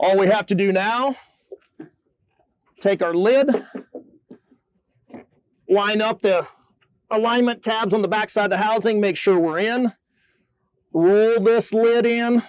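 A man talks while the lid of a truck air filter housing holding a Baldwin Filters CA5790 EnduraCube air element is picked up and its alignment tabs are lined up on the back of the housing, ahead of rolling the lid closed. Faint, short handling knocks come through in the pauses at about 1.5, 4.0, 4.3 and 5.1 seconds. Nothing has seated or clicked yet.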